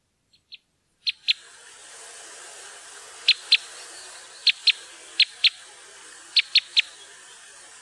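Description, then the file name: Parrot crossbill calls: sharp, clipped high notes given mostly in pairs, with pairs irregularly spaced over a faint steady hiss. "furukorsnebb"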